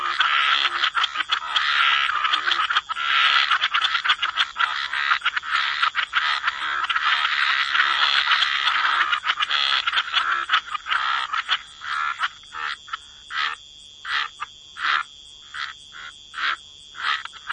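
Frogs croaking in a dense unbroken chorus, then thinning to separate bursts, with a high steady hiss behind.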